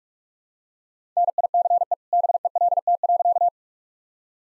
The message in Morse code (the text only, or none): NICE BELT.